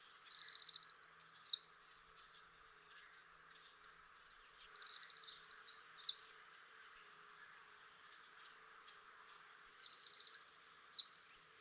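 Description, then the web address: Northern parula song: a high, buzzy trill rising over about a second and ending in a sharp downward snap, given three times about five seconds apart. "Dan Gibson Wildlife Identification By Sound, Eastern North America Pt 2. Northern Parula"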